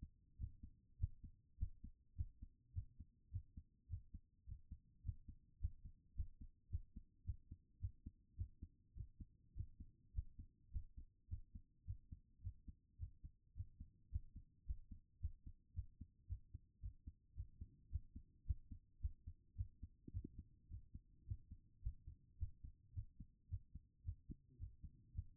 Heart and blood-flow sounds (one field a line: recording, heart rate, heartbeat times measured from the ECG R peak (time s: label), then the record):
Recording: heart sounds by stethoscope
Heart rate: 107 bpm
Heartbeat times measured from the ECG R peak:
0.37 s: heartbeat
0.97 s: heartbeat
1.57 s: heartbeat
2.15 s: heartbeat
2.72 s: heartbeat
3.30 s: heartbeat
3.87 s: heartbeat
4.45 s: heartbeat
5.02 s: heartbeat
5.58 s: heartbeat
6.14 s: heartbeat
6.69 s: heartbeat
7.23 s: heartbeat
7.78 s: heartbeat
8.35 s: heartbeat
8.94 s: heartbeat
9.54 s: heartbeat
10.12 s: heartbeat
10.70 s: heartbeat
11.27 s: heartbeat
11.84 s: heartbeat
12.41 s: heartbeat
12.97 s: heartbeat
13.54 s: heartbeat
14.09 s: heartbeat
14.64 s: heartbeat
15.19 s: heartbeat
15.73 s: heartbeat
16.26 s: heartbeat
16.79 s: heartbeat
17.34 s: heartbeat
17.89 s: heartbeat
18.44 s: heartbeat
18.99 s: heartbeat
19.54 s: heartbeat
20.10 s: heartbeat
20.67 s: heartbeat
21.25 s: heartbeat
21.81 s: heartbeat
22.37 s: heartbeat
22.92 s: heartbeat
23.48 s: heartbeat
24.03 s: heartbeat
24.57 s: heartbeat
25.12 s: heartbeat
From the record:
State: after exercise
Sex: female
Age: 39 years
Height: 175 cm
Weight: 68 kg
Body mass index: 22.20